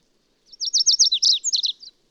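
Bird song: a fast, high, twittering phrase of sharp down-slurred notes lasting about a second and a half.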